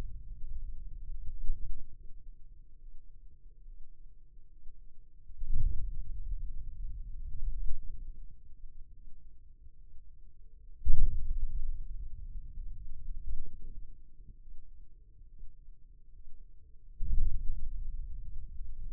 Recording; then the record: forearm muscle sounds (acoustic myography)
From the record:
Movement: hand opening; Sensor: system 2, bracelet of six BSWA MPA416 microphones around the upper forearm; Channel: 6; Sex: male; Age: 22 years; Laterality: right